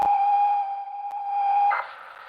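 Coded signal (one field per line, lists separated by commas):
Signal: ZX Spectrum tape loading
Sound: steady buzzy lead tone for under two seconds, then an abrupt harsh data screech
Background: tape hiss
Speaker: I basically converted the files to from tzx to WB uh and then recorded it onto the tape and here we go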